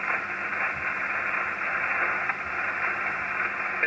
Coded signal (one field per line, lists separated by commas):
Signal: Emergency Alert System (SAME) tones